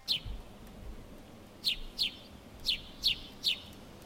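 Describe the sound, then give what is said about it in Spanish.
A small bird chirps in short, high, downward-sweeping notes, about six calls with brief pauses between, over a faint low rumble and no voices. “Un pajarito. ¿Un pajarito?”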